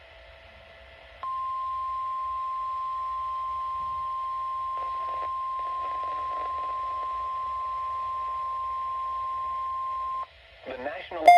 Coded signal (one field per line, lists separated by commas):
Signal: Emergency Alert System (SAME) tones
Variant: 1050 Hz attention tone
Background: speech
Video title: EAS Severe Thunderstorm Watch 416 For Middle TN Jun 29 2023 Slight Risk Day